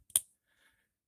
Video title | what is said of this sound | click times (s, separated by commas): 1993 G.I. JOE FROSTBITE v3 | push it in until you hear it lock hear it click | 0.2 s